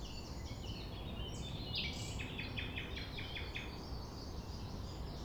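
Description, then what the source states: Common nightingale song: mixed chirps, then a quick series of repeated chopped notes, with steady low noise throughout. Recorded at 6 a.m. at sunrise near the Thève river at Champ de Ménage; the nightingale sings without waiting for silence.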